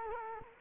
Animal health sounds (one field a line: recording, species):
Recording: mosquito wingbeat signal from an infrared sensor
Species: Culex quinquefasciatus